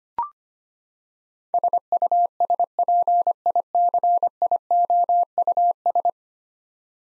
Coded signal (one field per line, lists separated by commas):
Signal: Morse code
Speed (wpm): 25 wpm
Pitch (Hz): 700 Hz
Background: none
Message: SUSPICIOUS